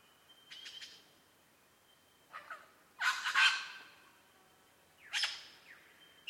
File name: SLB-mt airly 300511